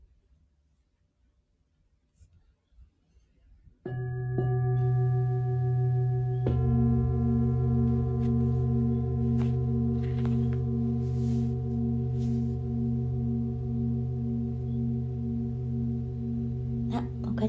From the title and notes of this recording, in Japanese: メキシコから シンギングボウルのサウンドヒーリング。